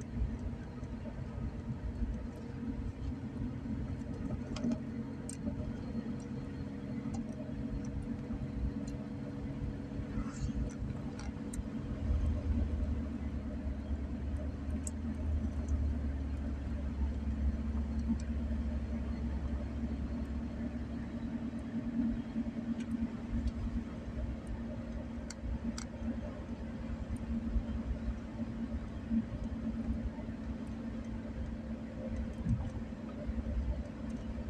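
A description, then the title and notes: Driving, heard from inside a moving car: a steady low engine drone and road hum fill the whole clip, with a deeper rumble swelling from about twelve to twenty-two seconds. Small clicks and rattles pop up now and then above the constant noise. Driving.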